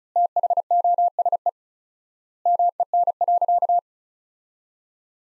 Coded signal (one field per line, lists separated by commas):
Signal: Morse code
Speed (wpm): 34 wpm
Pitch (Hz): 700 Hz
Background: none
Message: THOSE MEN.